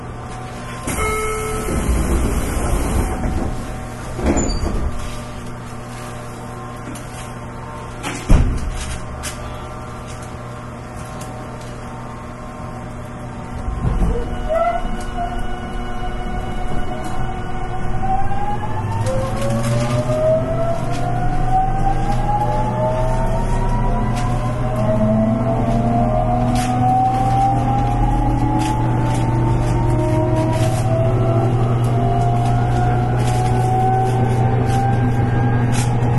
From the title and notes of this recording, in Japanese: JR813系 博多から折尾まで。JR九州 813系電車の走行音です。鹿児島線の快速列車にて収録しました。